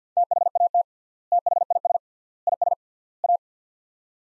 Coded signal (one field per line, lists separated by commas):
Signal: Morse code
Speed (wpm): 50 wpm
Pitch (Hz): 700 Hz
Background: none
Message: THAT THIS IS A